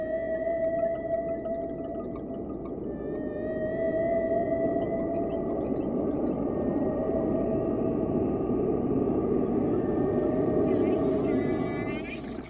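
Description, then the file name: Whale song: sustained tonal moans holding steady near mid pitch with a higher whistle-like band, then a burst of rising upswept squeals near the end over a constant hiss. "Fesnoux Whales"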